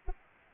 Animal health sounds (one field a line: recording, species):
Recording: mosquito wingbeat signal from an infrared sensor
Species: Anopheles arabiensis